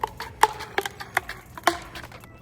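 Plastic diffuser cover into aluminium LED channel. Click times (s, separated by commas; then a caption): 0.4 s, 1.2 s, 1.7 s. A finger is worked along a plastic diffuser cover, snapping it into an aluminium LED channel. A series of sharp snaps is heard, with the main clicks at 0.4, 1.2 and 1.7 seconds. The cover ends up seated along its length.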